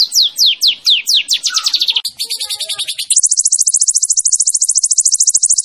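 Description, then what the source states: White-rumped shama song of quick, falling whistled slurs that gives way to a long, rapid, high trill. Champion bird's song used as a masteran tutoring recording for songbirds.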